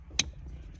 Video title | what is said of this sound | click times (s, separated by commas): Holden commodore VF full installation guide | you hear it click and then press down on the Locking tab | 0.2 s